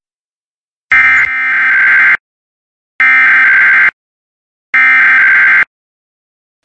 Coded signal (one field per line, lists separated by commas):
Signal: Emergency Alert System (SAME) tones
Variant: header bursts